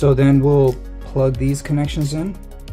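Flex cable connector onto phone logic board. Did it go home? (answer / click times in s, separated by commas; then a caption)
no / none. A flex cable press-fit connector is handled above its socket on an iPhone 13 Pro logic board during reassembly after a screen repair and back camera replacement, while someone talks over music. Nothing has seated or clicked yet; the clip ends just before the connector goes home.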